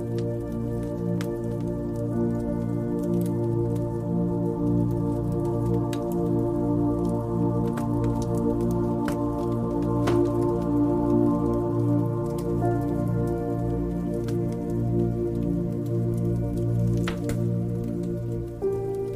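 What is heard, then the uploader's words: Soft, sustained music of piano and strings holds steady low and middle tones throughout, with gentle slow changes in chord. Over it, sharp crackles and pops from a fire snap at irregular moments, a few every couple of seconds, bright. Soft piano and strings with the pleasing crackles and pops of a warm fire.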